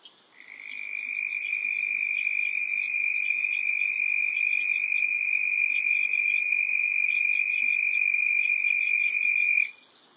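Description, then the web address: Red-spotted toad calling with a sustained high, even trill lasting roughly nine seconds. Recorded in North America. "Songs of Frogs Toads of North America. Red-spotted Toad"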